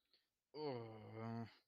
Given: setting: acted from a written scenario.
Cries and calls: vocal sound without words; embarrassment

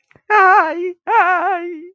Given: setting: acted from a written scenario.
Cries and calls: vocal sound without words; pain

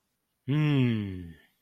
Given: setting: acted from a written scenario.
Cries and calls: vocal sound without words; contentment

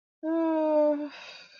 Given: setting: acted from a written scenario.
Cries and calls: vocal sound without words; ecstasy

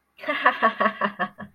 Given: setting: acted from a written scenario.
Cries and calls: vocal sound without words; amusement

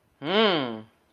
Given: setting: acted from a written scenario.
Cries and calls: vocal sound without words; triumph

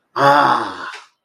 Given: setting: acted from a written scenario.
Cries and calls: vocal sound without words; realization

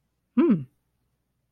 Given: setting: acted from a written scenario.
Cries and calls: vocal sound without words; interest

